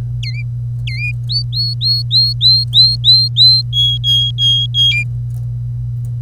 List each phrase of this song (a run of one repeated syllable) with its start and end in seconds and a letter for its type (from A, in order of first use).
0.22-0.42 A, 0.87-1.11 A, 1.29-3.62 B, 3.73-5.03 C